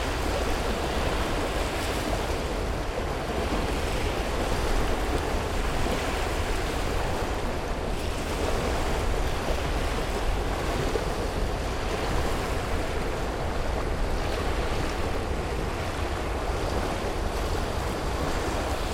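Water on the Yangtze rushes in a dense, steady wash with a low rumble underneath, like wind and a passing boat.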